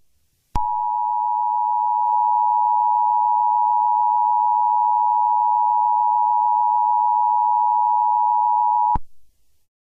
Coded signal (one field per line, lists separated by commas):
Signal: Emergency Alert System (SAME) tones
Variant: 853 and 960 Hz attention tone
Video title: EAS scenario 9: Herobrine 3: The end is coming!